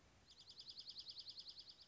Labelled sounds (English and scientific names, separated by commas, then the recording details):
Dark-eyed Junco (Junco hyemalis)
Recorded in Sonoma County, California